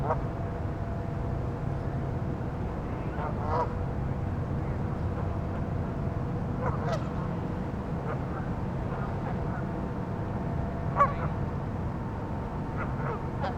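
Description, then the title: Goose: geese honking, scattered harmonic calls in short bursts and a few overlapping honks, over a steady low rumble. "neoscenes: geese"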